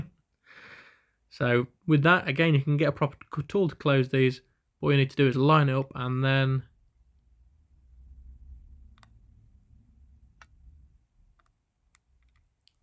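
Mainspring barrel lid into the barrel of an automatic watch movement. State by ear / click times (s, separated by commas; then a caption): seated / 10.4 s. Someone talks for the first six and a half seconds; then the mainspring barrel lid of a 1982 Seiko 5 automatic watch with a 6309A calibre movement is lined up and pressed closed onto its mainspring barrel. Under a low, quiet rumble, a few faint ticks come before a sharper, brief click at 10.4 s as the lid seats shut, followed by a few more soft ticks.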